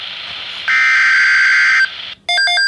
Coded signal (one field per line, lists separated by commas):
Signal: Emergency Alert System (SAME) tones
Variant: header bursts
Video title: Severe Thunderstorm Watch #365 [EAS #219] 6/25/13